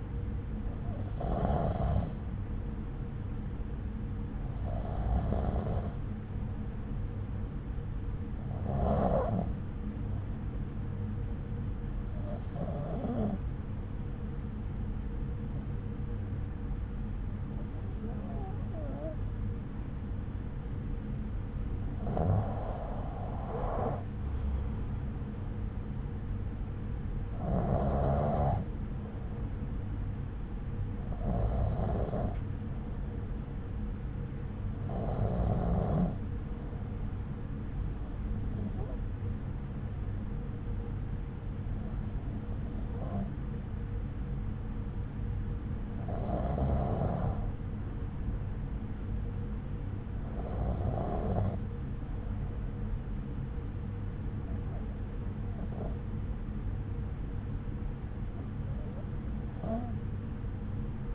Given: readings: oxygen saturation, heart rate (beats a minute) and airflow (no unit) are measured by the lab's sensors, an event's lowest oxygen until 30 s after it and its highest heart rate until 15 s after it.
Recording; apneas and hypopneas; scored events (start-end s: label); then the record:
breathing in sleep by a smartphone at the bedside; none
none scored
From the record:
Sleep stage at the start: N2 (light sleep); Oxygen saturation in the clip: 93 to 96%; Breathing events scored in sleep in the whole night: 303 in 8.1 hours asleep